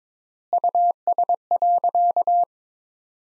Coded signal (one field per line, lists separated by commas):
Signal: Morse code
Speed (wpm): 22 wpm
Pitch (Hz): 700 Hz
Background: none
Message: US.